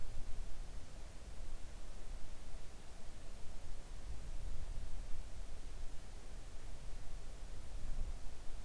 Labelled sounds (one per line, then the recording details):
near silence
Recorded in the Arctic National Wildlife Refuge, Alaska, on 3 August 2019 at 05:25
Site 41